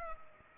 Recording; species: mosquito wingbeat signal from an infrared sensor; Culex pipiens